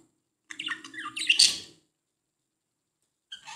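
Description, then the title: Budgerigar chirping, a run of high warbled chirps over a faint low hum, then silence and a short chirp burst near the end. "Budgie Sounds"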